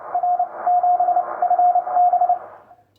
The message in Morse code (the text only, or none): R 7 FB